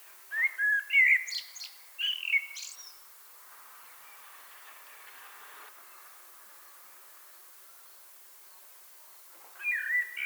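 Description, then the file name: Common blackbird song: two warbled, fluty phrases with squeaky endings, then a quiet gap, then a new phrase starts. "Turdus merula"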